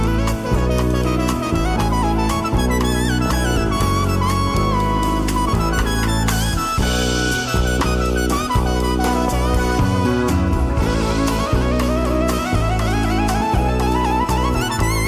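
Smooth jazz plays at an even, full level, with a deep bass line stepping through notes under a steady beat and a gliding melody above.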